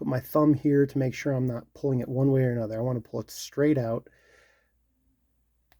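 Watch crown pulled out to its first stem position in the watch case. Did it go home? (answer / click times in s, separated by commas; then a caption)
yes / 5.7 s. Someone talks for about the first four seconds while the unscrewed crown of an automatic watch is pulled straight out, with a fingernail behind it and the thumb steadying it. After a quiet stretch, a faint click at 5.7 s marks the crown detenting into its first stem position in the watch case, the date-setting position, and it is seated.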